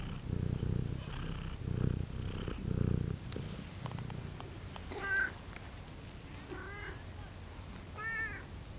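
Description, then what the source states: Cat purring in loud low pulses for about three seconds, then three short soft meows. Farmyard cat purring and meowing, with a fly present, at Görestanya farmstead.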